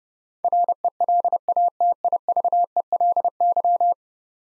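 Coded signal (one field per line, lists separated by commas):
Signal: Morse code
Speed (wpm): 30 wpm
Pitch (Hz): 700 Hz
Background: none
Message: RELATIVELY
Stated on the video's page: Morse practice at 30 wpm sending 10-letter words, each sent twice for head-copy training.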